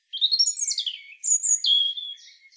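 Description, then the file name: European robin giving a short, rich phrase of high sliding notes, rising then dropping, with a thin sustained whistle and a faint closing twitter. "Erithacus rubecula"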